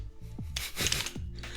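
A camera with a metal quick release plate is pushed into the clamp on a tripod head after some fumbling. Scraping and rubbing are heard, then a sharp click at 0.6 s as the plate locks in. The plate is seated in the clamp.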